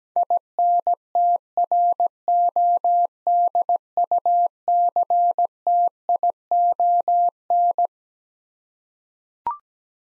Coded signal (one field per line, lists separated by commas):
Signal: Morse code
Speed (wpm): 17 wpm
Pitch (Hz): 700 Hz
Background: none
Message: INTRODUCTION